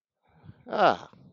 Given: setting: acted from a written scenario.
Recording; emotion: vocal sound without words; realization